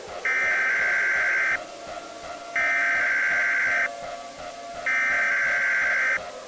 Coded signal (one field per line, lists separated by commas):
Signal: Emergency Alert System (SAME) tones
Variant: header bursts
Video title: EAS Scenario: Nuclear Missile Attack I (Part 1)